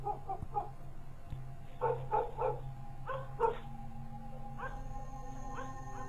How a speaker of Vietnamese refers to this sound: Tiếng chó tru lên rồi sủa ông ổng. Bố tưởng trộm, lăm lăm con dựa chạy ra, nhưng không có ai cả. Con chó cứ chĩa về hướng bụi tre mà sủa ông ổng. Dứt quãng một hồi nó lại tru lên, nghe đến giận cả người.